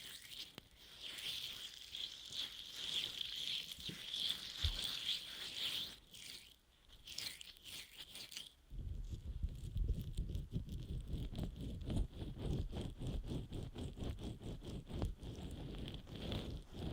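Ear massage with scrubbing and rubbing, dense and continuous throughout. For the first eight seconds the sound is bright and hissy with a steady high sheen; around the ninth second it abruptly turns lower and thicker, with fast rhythmic rubbing strokes and soft taps.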